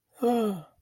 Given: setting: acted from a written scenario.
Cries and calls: vocal sound without words; fear

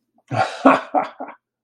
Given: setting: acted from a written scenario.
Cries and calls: vocal sound without words; amusement

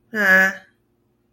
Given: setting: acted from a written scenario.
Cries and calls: vocal sound without words; neutral

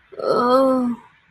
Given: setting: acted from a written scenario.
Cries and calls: vocal sound without words; shame

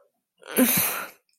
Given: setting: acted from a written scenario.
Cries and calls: vocal sound without words; anger

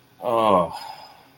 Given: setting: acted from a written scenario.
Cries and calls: vocal sound without words; ecstasy

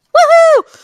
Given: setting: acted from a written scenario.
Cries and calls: vocal sound without words; pride

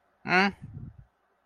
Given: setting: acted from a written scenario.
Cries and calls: vocal sound without words; neutral

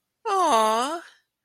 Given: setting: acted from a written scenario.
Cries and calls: vocal sound without words; adoration

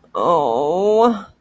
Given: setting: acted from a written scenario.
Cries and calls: vocal sound without words; sympathy

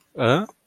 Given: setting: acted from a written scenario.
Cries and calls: vocal sound without words; confusion

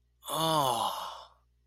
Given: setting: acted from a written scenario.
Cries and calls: vocal sound without words; realization

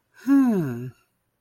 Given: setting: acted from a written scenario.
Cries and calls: vocal sound without words; serenity

